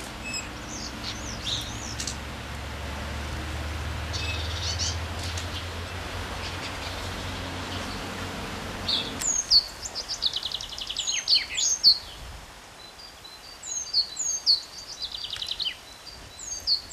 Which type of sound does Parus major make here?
song